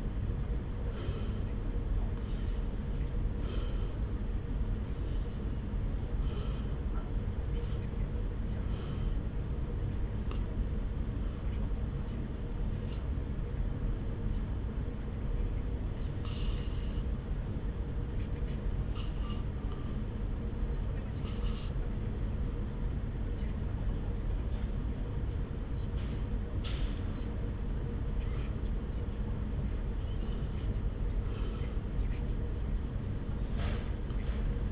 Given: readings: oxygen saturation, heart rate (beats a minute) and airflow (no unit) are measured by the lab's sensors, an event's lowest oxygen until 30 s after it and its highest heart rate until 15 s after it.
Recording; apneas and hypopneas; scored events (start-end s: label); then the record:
breathing in sleep by a smartphone at the bedside; none
none scored
From the record:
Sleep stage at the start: REM sleep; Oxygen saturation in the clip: 79 to 93%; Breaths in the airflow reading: 13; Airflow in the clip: -1.0 to 1.2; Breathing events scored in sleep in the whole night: 335 in 6.7 hours asleep